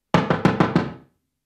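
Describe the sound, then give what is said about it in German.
Five rapid, heavy thumps of a fist pounding on a locked door, evenly spaced and booming, with no voices. “Herr Steiger! Machen Sie die Tür auf!”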